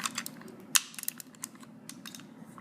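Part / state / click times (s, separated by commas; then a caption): foot tab of a plastic transforming robot toy into its slot / seated / 0.8 s. A foot tab on a plastic Transformers Combiner Wars Leader Class Megatron transforming robot toy is pushed into its peg slot during transformation, among light plastic handling ticks and rustles. A sharp, bright click at 0.8 s marks the tab seating into the slot, followed by softer ticks around 1.1 s and 1.4 s.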